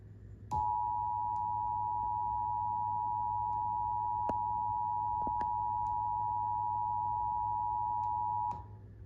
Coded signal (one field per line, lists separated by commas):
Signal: Emergency Alert System (SAME) tones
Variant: 853 and 960 Hz attention tone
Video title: EAS Alert from WVNY on Saturday March 15th in Essex, New York, USA